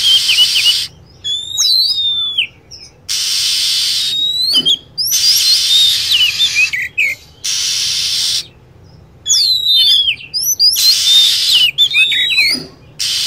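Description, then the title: Lovebird screeches: piercing whistled notes that drop steeply in pitch, in repeated groups separated by bands of steady hissing static. Lovebird calls used as a lure to attract birds. "PIKAT BURUNG LOVEBIRD"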